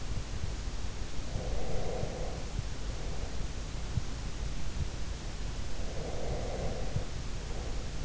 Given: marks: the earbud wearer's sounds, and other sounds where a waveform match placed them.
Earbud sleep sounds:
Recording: sounds in sleep by an in-ear microphone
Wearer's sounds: breath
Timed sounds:
1.20-3.34 s: breath
5.85-8.05 s: breath

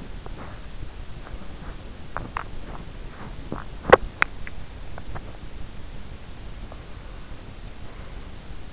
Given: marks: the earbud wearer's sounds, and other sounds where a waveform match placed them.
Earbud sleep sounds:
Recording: sounds in sleep by an in-ear microphone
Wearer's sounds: teeth grinding, swallowing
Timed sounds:
0.03-0.71 s: teeth grinding
2.01-2.72 s: teeth grinding
3.41-4.38 s: swallowing
5.03-5.39 s: teeth grinding

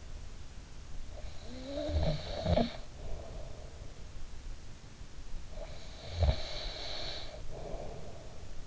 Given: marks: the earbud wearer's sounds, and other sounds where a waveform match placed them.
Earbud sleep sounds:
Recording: sounds in sleep by an in-ear microphone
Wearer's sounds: snoring breath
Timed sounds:
1.21-4.13 s: snoring breath
5.53-8.67 s: snoring breath

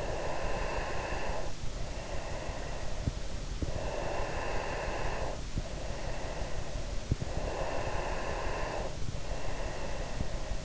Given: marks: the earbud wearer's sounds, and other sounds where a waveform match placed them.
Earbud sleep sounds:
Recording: sounds in sleep by an in-ear microphone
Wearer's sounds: breath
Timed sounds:
0.00-3.44 s: breath
3.70-7.08 s: breath
7.34-10.65 s: breath

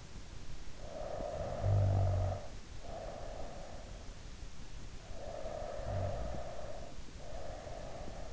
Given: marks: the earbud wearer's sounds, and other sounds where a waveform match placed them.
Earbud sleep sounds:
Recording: sounds in sleep by an in-ear microphone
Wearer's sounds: snoring breath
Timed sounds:
0.79-4.04 s: snoring breath
4.87-8.33 s: snoring breath

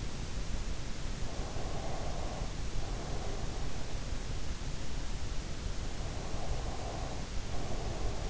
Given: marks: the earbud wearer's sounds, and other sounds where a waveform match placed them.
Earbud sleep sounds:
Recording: sounds in sleep by an in-ear microphone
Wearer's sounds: breath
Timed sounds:
1.30-4.12 s: breath
5.94-8.30 s: breath

